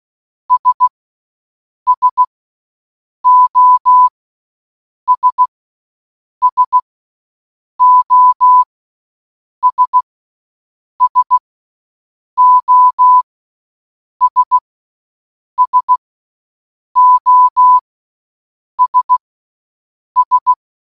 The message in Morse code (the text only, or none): S SOS SOS SOS SOS S